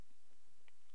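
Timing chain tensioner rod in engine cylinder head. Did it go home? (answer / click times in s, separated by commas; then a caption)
released / 0.7 s. The timing chain tensioner rod in an engine cylinder head releases as the tensioner bolts are tightened and push the rod back against the timing chain guide, unlocking it. Its retaining clip snaps free from the ledge on the rod with a faint, barely audible click at 0.7 s over a low background. The tensioner rod is released.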